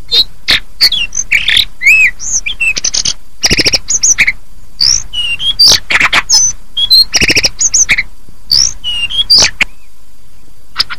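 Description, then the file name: Hill blue flycatcher delivering a long, fast medley of whistled loops, trills and crisp ticks, nearly unbroken until a brief lull near the end. "tledekan atau sulingan"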